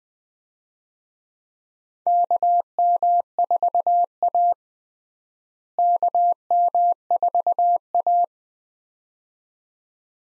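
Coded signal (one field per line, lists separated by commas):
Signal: Morse code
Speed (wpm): 20 wpm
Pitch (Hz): 700 Hz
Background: none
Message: KM4A KM4A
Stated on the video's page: Morse call sign head-copy drill at 20 wpm: US 4-character call signs, each sent twice, then sent again.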